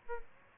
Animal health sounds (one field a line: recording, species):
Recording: mosquito wingbeat signal from an infrared sensor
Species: Aedes albopictus